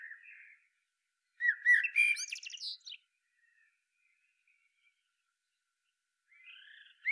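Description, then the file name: Eurasian blackbird calling with a soft note, then a loud burst of harsh, chattering squeaks, a long quiet gap, and more squeaky notes at the end. "Turdus merula"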